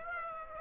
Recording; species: mosquito wingbeat signal from an infrared sensor; Aedes aegypti